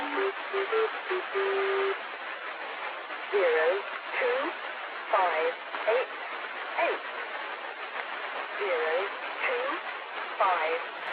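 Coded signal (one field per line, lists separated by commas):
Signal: numbers station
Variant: Lincolnshire Poacher, English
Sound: a few short melody notes, then a voice reading short words at steady intervals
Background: radio static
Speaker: I love how they follow that up with like a really cute musical tone and everything.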